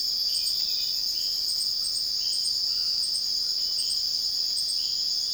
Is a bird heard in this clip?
no